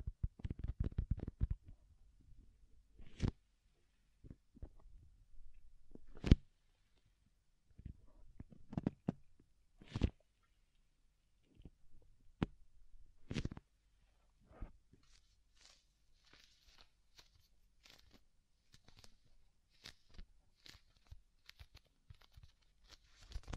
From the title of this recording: Deep Ear Tingles Soft & Fluffy Triggers